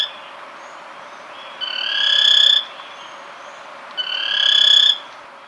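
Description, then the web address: Spillmann's tapaculo delivering two rich, rapid trills that swell in loudness over about a second, separated by a pause of over a second, against a soft hiss. Ecuador. "Birds of Ecuador 2. Spillmann's Tapaculo"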